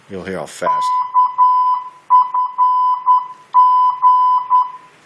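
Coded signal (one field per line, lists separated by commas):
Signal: Morse code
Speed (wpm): 10 wpm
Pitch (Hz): 1000 Hz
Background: speech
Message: KFG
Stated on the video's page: Morse code from the Just Learn Morse Code program.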